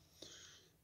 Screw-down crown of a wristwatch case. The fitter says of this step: unscrew it pops out you can wind it up i mean it's got a nice click to it even